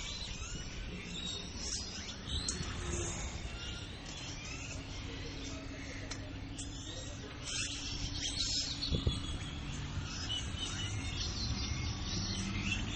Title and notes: Aves A Punto De Dormir. La Ciudad de México. unos cuantos árboles que dan casa y lugar de descanso de cientos de aves